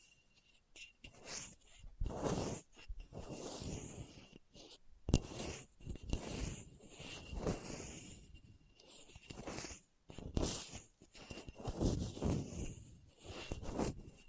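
Scratching on a hard, bumpy surface, in rough irregular strokes that come in bursts of a second or two with brief silent gaps. The scrapes are gritty and hissy, sometimes dull, with a sharp knock near five seconds and a thin steady whine throughout.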